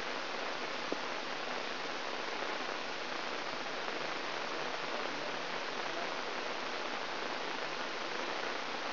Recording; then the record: brain microelectrode recording played as sound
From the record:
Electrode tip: inside the subthalamic nucleus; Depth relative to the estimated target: -4 mm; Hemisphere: left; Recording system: AlphaMap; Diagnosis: Parkinson's disease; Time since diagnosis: 10 years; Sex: male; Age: 47 years